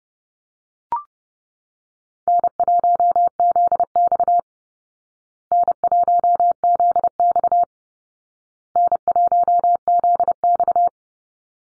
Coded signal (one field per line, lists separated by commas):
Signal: Morse code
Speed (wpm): 30 wpm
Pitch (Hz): 700 Hz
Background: none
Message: N1ZX N1ZX N1ZX